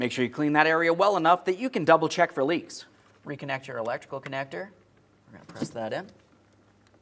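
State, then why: Seated. Someone talks while an electrical connector is pressed back onto the brake fluid level sensor of the brake master cylinder on a 2008-2016 Chrysler Town & Country. The connector latches with a faint click at 6.9 s, and it is seated. It is then locked with the red locking tab and given a wiggle.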